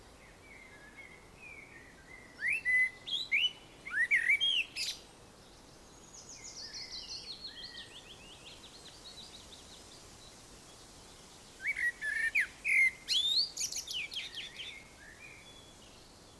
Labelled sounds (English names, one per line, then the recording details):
Common Blackbird
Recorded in the wild
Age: adult
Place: Summt, Brandenburg, DE
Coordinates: 52.693, 13.362
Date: 1992-06-14 14:30
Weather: heiter, ca. 23°C
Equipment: Nagra SN, Mikrofon AKG CK 8, Kopie Tesla B 116
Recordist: Tembrock, Günter